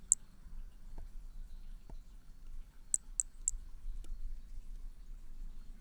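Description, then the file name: Hermogenes's toadlet produces thin, high, clicky chirps: one at the start, then a quick run of three, with a few faint low taps in between. Recorded at Picinguaba on 13 December 2017; individual 2. "MHNCI B hermogenesi Picinguaba ind 2 ex 2 tudo 05 cm 13 dez 2017 MRB"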